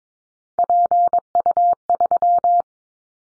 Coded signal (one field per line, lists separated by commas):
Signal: Morse code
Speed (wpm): 22 wpm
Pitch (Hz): 700 Hz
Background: none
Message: PU3